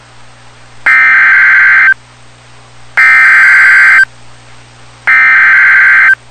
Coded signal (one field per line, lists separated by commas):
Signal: Emergency Alert System (SAME) tones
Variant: header bursts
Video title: Real NOAA Weather Radio EAS Alert #279